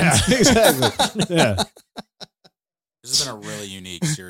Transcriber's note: laughing